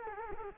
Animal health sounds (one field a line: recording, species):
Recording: mosquito wingbeat signal from an infrared sensor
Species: Culex quinquefasciatus